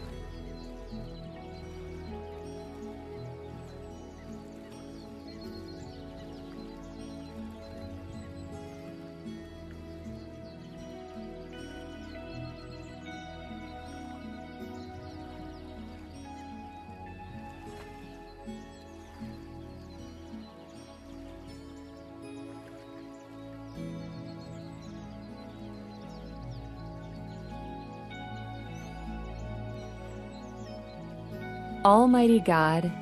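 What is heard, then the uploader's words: Guitar music plays steadily at an even level, with sustained notes and chords shifting every second or two over a low, continuous bass. Faint bird chirps flicker high above. Near the end, a sudden louder rising sweep breaks in. Relax to the sounds of birds in nature and guitar music.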